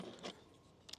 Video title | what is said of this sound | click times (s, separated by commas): Is the TenPoint Viper 430 Worth It? My Honest Review | you can hear that first little tiny click and then you hear hear a more solid click | 0.0 s, 0.9 s